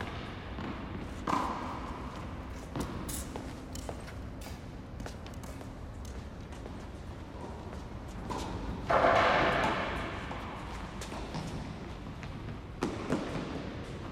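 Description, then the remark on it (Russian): During a tennis match, a ball thumps into the net several times at irregular intervals, failing to clear it, each hit a short dull thud over steady background noise, with a brief rustling burst partway through. “Мяч летит в сетку и не может ее перелететь.”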